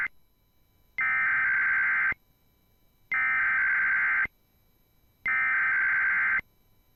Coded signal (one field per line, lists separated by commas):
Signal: Emergency Alert System (SAME) tones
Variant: header bursts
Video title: (10/04/2021) IPAWSCAP Weeklies (EAS 424-429)